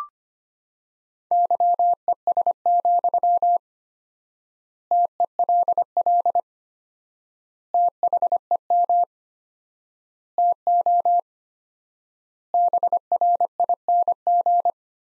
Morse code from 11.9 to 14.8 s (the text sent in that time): BRING